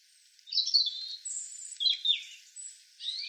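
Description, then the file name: European robin singing high, liquid warbling phrases with rapid shifts in pitch, sweet notes mixed with squeaky, sliding trills. "Erithacus rubecula"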